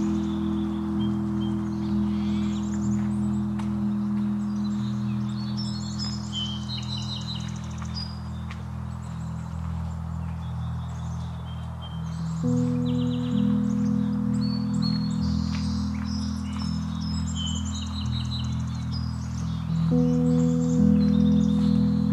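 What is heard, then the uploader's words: At Oaks Bottom along the Willamette River, a steady low drone with shifting hum tones underlies frequent bright bird chirps, growing louder near 12 and 20 seconds. Today’s soundwalk was taken on on March 16th, 2022 in SE Portland Oregon. Oaks Bottom along the Willamette River.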